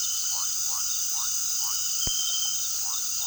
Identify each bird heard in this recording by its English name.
none